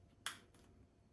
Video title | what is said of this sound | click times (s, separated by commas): Cardo Neo Unboxing and Install | there we go so it actually has a little clip right here so it locks in place you can hear that and we're going to push this little button down | 0.3 s